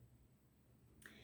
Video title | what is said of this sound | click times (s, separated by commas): Mes petits plaisirs d'automne et de jolis bijoux | que ça se clipse bien c'est on entend bien le petit claque | 1.1 s